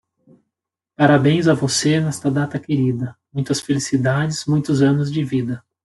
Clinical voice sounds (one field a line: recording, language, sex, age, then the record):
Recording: short text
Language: Brazilian Portuguese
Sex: male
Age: 40 to 49 years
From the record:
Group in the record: control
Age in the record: 49 years